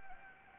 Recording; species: mosquito wingbeat signal from an infrared sensor; Anopheles gambiae